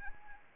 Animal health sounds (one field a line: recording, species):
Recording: mosquito wingbeat signal from an infrared sensor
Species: Anopheles arabiensis